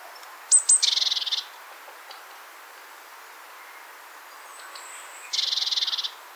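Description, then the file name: Great tit calling with sharp high ticks followed by a dry, fast churr, repeated once more after a pause of about four seconds. "Parus major"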